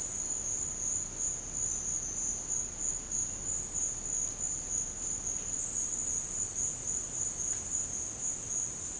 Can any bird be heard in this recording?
no